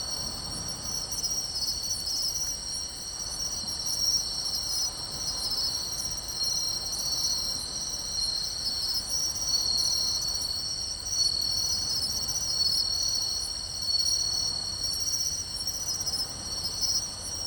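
A dense chorus of singing crickets in a grassy beach area near a river mouth, with pine crickets, bell crickets and bush crickets sounding together. High, steady trilling layers run throughout, with regular ticking pulses on top and a soft low rumble of surf or wind underneath.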